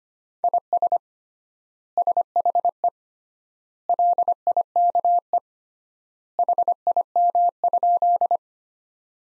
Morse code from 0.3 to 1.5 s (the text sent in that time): IS